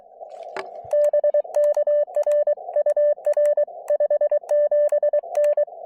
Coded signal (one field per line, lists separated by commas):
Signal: Morse code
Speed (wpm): 23 wpm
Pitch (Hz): 590 Hz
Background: none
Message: BK R UR 57N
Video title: POTA from Balsam Lake Mountain